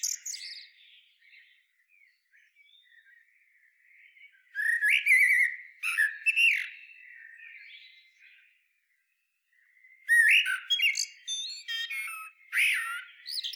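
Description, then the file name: Common blackbird singing mellow fluted warbles that end in high squeaky twitters, three phrases with softer warbling in the quiet gaps. "Turdus merula"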